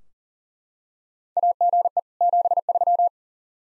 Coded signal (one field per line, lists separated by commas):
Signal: Morse code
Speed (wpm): 40 wpm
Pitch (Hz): 700 Hz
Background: none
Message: AGE 73